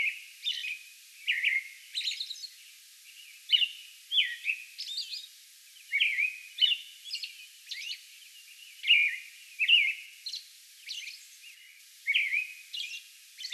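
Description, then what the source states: American robin song, a steady run of short whistled caroling phrases interspersed with thin high squeaky notes. Song bout recorded on May 11.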